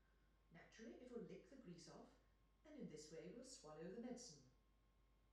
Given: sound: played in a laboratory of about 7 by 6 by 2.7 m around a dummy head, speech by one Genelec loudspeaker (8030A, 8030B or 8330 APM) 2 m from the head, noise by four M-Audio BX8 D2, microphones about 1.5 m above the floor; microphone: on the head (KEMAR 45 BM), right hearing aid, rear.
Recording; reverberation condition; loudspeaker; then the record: female speech in English; medium; 30 degrees to the left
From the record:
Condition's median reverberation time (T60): about 510 ms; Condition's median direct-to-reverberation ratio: about -0.5 dB